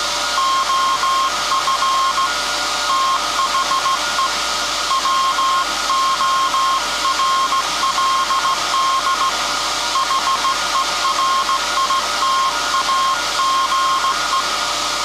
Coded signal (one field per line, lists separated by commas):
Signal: Morse code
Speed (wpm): 16 wpm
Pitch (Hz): 1070 Hz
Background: none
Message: OF THE WORLD HERITAGE